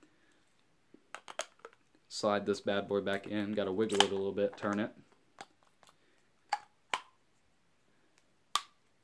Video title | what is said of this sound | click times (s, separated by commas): Proto Rail Review and Basic Maintenance | Once you hear that click, make sure it can't go in anymore. | 8.6 s